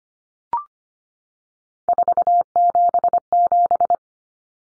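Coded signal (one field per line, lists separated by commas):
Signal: Morse code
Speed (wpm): 25 wpm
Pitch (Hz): 700 Hz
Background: none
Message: 477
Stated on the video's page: Head-copy drill of common three-digit cut numbers at 25 wpm, with T, A, N standing for 0, 1, 9; each number sent twice.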